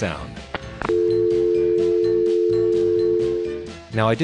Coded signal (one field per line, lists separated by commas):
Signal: telephone call progress tone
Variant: North America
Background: speech, music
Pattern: dial tone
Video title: How I Became a Phone Phreak, part 2